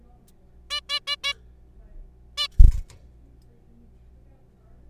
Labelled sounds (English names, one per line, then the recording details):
Zebra Finch
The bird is a juvenile
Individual R3428